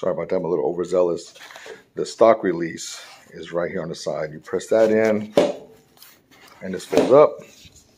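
Someone talks while handling the folding stock of a CAA MCK carbine chassis on a Springfield XDM: the stock release on the side is pressed in and the stock is folded up. Faint handling sounds are heard around 6.0 s, but the stock has not yet locked into place and nothing has clicked.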